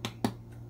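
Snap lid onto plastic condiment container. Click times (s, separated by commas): 0.1 s, 0.2 s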